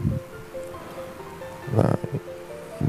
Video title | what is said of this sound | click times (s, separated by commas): 🔵 ATASI KUNCI SHOCK RUSAK, DOL, SLEG, WAJIB TONTON INI ⁉️#kuncishock #tools | kenceng lagi nah sampai dia bunyi klik gitu udah ngunci tandanya | 1.8 s, 1.9 s